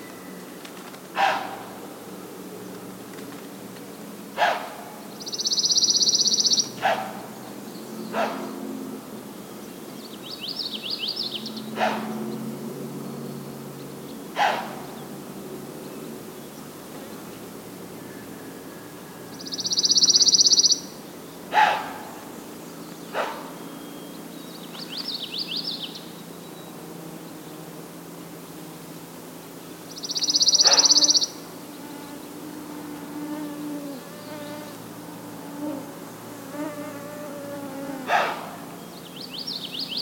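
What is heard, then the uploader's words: A white-tailed deer gives sharp, abrupt snorts every few seconds, while high buzzing insect bursts recur and a low steady rumble persists. White-tailed Deer snorting. I was recording birds on a bog trail in Schoodic Woods, and so was standing perfectly still.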